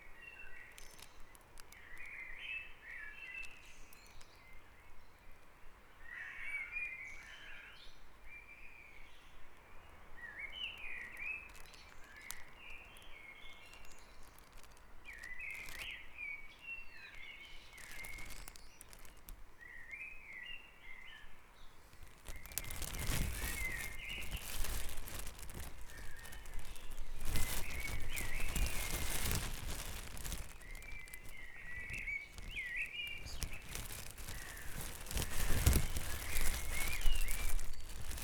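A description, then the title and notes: Dawn chorus of chirping birds over quiet background hiss, until heavy rumbling gusts of noise break in from about twenty-two seconds onward. Dawn Chorus // Back Dragon Avenue, Harrogate.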